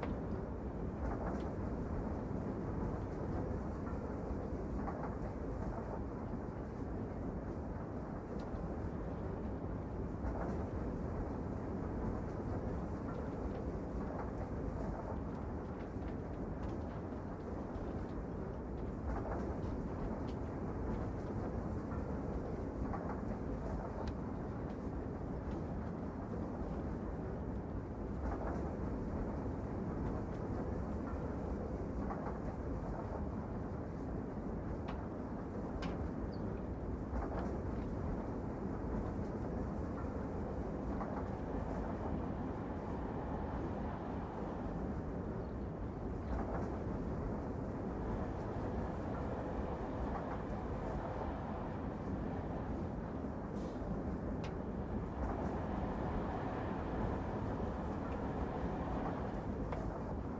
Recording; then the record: background sound without coughing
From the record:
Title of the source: Train Ride Ambience ambient white noise for sleeping, focus, studying, reading